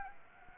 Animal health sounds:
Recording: mosquito wingbeat signal from an infrared sensor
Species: Anopheles gambiae

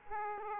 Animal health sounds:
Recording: mosquito wingbeat signal from an infrared sensor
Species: Aedes aegypti

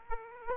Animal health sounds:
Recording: mosquito wingbeat signal from an infrared sensor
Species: Aedes aegypti

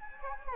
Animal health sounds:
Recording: mosquito wingbeat signal from an infrared sensor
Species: Anopheles gambiae

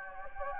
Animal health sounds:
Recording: mosquito wingbeat signal from an infrared sensor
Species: Anopheles gambiae

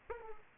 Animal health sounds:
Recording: mosquito wingbeat signal from an infrared sensor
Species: Aedes aegypti

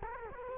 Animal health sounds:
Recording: mosquito wingbeat signal from an infrared sensor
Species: Culex quinquefasciatus

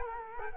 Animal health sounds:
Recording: mosquito wingbeat signal from an infrared sensor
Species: Culex quinquefasciatus

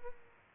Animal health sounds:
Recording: mosquito wingbeat signal from an infrared sensor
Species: Aedes albopictus

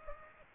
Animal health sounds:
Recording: mosquito wingbeat signal from an infrared sensor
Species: Aedes aegypti

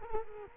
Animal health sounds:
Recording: mosquito wingbeat signal from an infrared sensor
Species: Culex quinquefasciatus

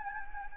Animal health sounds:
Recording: mosquito wingbeat signal from an infrared sensor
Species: Anopheles gambiae

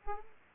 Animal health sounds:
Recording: mosquito wingbeat signal from an infrared sensor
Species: Aedes aegypti

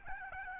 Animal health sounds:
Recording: mosquito wingbeat signal from an infrared sensor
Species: Aedes albopictus

